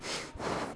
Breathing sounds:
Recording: one breath in and out by a microphone near the nose and mouth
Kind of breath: strong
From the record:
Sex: male

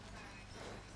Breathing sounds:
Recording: one breath in and out by a microphone near the nose and mouth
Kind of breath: strong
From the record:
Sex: male

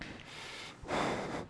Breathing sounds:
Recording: one breath in and out by a microphone near the nose and mouth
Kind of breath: strong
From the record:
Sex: male

